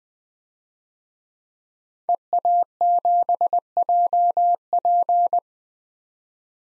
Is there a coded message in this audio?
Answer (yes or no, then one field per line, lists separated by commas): yes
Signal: Morse code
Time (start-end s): 2.1-5.4 s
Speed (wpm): 20 wpm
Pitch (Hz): 700 Hz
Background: none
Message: EA7JP